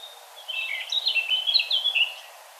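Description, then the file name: Eurasian blackcap: a continuous, scratchy warble mixing squeaky and whistled notes for under two seconds, against constant background hiss. "Sylvia atricapilla"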